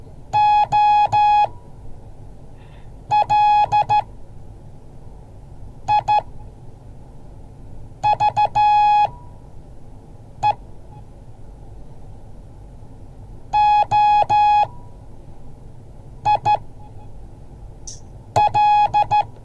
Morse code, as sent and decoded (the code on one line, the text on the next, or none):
--- .-.. .. ...- . / --- .. .-..
OLIVE OIL